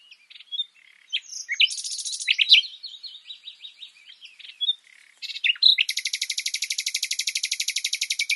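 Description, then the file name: Common nightingale song of varied chirps and liquid notes, ending in a long, fast, steady rattle of harsh repeated notes. "Luscinia megarhynchos"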